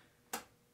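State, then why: Seated. While threading an old sewing machine, the metal latch is let go instead of held, and it springs over its post with one short, bright tick at 0.3 s. The latch seats over the post with a clean click because it was not held back this time.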